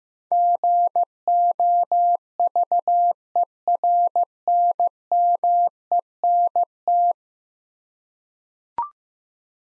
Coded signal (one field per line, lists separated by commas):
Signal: Morse code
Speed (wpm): 15 wpm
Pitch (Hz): 700 Hz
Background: none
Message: GOVERNMENT